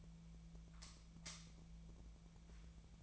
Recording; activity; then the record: daily activity, microphone in the room; light off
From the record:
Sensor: 1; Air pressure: 1009.8 hPa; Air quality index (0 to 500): 189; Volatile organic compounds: 17 ppm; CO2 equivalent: 2598 ppm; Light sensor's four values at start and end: 46/133/55/62 and 35/90/38/46